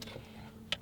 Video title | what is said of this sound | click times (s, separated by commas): 2010-2015 Camaro ANDROID Radio - DOTS1015 Install | and this should land in place once it gets down there and it should click in just like that so | 0.7 s